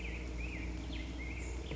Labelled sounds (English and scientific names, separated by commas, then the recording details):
Black-headed Grosbeak (Pheucticus melanocephalus)
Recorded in Sonoma County, California